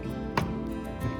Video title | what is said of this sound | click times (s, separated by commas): 이 영상 하나로 컴조립 방법 완벽 정복. 정말쉬워요~ (왕초보도 가능) | 뽑은 씨의 힘을 줘 가지고 딸깍 소리가 날때까지 고정을 시켜 주시면 됩니다 | 0.4 s